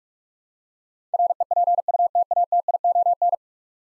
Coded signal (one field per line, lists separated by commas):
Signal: Morse code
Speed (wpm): 42 wpm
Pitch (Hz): 700 Hz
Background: none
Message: REPUTATION